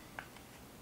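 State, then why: Seated. The locking retainer ring on the phone mount of a FIMI X1BH 4k gimbal is turned clockwise until it latches. A single sharp, short click is heard at 0.2 s. The retainer is seated and locked shut.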